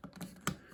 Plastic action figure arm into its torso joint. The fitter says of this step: And that you will feel that click into place